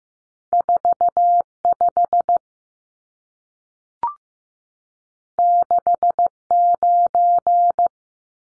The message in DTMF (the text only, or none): none